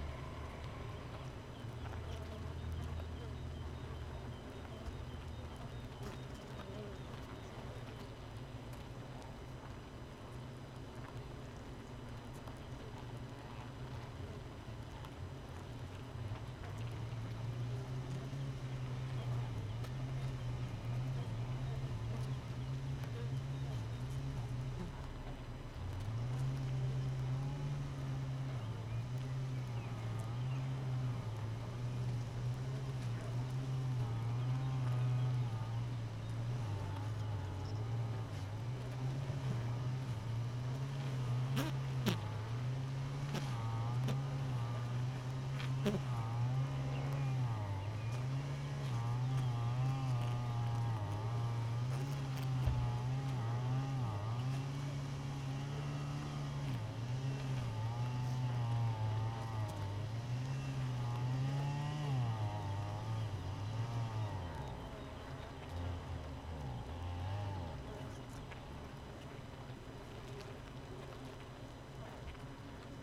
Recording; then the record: honeybee colony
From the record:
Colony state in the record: missing queen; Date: 31 May 2018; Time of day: 5:08